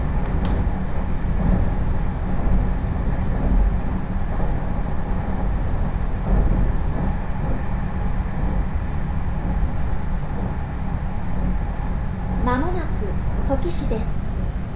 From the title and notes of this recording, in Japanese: 耳で楽しむ鉄道旅 中央西線 恵那→高蔵寺。315系電車が中央本線でデビューしたものの中々乗る機会が無かったのですが、ようやく当たりました。